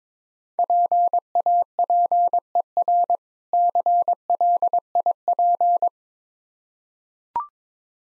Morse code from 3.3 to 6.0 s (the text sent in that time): CLIP